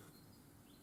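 A handmade sheet-metal cover is handled on a disposable Bic lighter, opened slightly before being pressed into place. Only steady low background noise is heard, with no distinct click. The cover has not clicked or seated yet.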